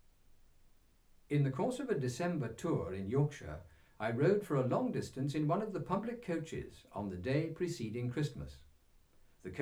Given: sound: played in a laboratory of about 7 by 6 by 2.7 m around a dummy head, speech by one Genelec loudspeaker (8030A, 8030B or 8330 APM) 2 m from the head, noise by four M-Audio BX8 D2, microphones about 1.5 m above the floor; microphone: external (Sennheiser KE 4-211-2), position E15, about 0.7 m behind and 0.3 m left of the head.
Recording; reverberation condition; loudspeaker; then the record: male speech in English; low; 60 degrees to the left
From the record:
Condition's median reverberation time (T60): about 310 ms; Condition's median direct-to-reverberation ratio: about 3.5 dB